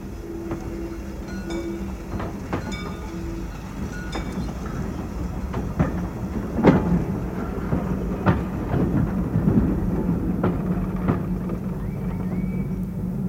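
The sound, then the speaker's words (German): A heavy freight train carrying fine coal from the Josefine 1 mine shaft to the gasworks rumbles along the rails around a curve toward a level crossing, a steady low roar punctuated by sharp metallic clanks and squeals that grow slightly louder as it approaches, with a faint sustained tone early on. “Man sieht den Zug nicht. Noch deckt ihn die Kurve.”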